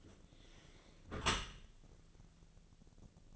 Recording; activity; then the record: daily activity, microphone in the room; close dishwasher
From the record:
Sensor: 4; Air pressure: 1001.3 hPa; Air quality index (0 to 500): 178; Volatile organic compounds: 2 ppm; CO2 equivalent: 1277 ppm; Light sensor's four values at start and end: 11/26/10/11 and 12/26/11/11